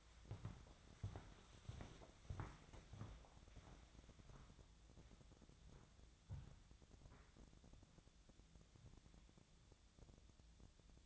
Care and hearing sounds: daily activity, microphone in the room; walk to room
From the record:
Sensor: 3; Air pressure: 1000.0 hPa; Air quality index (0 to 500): 124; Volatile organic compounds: 2 ppm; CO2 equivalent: 1108 ppm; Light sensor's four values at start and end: 38/95/41/45 and 38/92/40/44

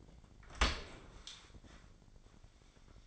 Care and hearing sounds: daily activity, microphone in the room; open dishwasher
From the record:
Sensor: 5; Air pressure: 1012.4 hPa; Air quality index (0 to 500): 163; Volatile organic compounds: 2 ppm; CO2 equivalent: 1108 ppm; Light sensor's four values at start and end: 111/266/112/125 and 112/269/114/128

